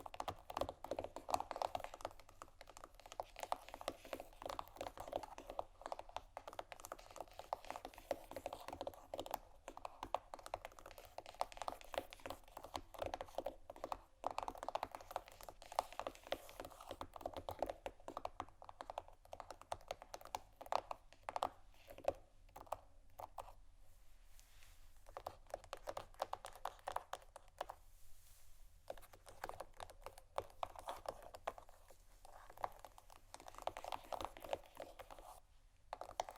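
Fingernails scratch and tap on canisters in a dense, busy patter of quick clicks and rasps that runs almost without pause for the whole stretch. The sound is mostly mid-toned, with brief quieter gaps around 24 and 28 seconds.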